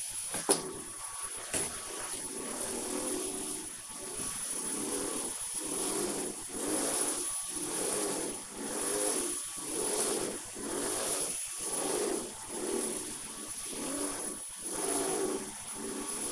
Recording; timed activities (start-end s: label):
household activities, microphone on the right wrist
0.00-16.32 s: vacuum cleaning